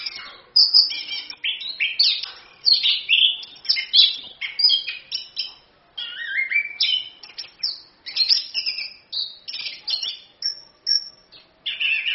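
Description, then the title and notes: Orange-headed thrush song: a fast, almost unbroken stream of varied high chirps, trills and slurred whistles, with no other sounds. Full continuous song (gacor, ngerol); a masteran tutor song used as a pancingan lure to prompt other birds to sing. "ANIS KEMBANG GACOR, ANIS KEMBANG NGEROL, PANCINGAN ANIS KEMBANG BIAR BUNYI. Masteran Anis Kembang"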